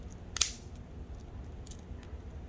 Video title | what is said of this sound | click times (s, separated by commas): Garage VARY Aero + Carbon Fiber key case + more GR YARIS parts!! - (The Unboxing Ep. 12) | and then it snaps into place | 0.4 s